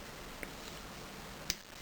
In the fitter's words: until this part snaps in place and now it's completely secure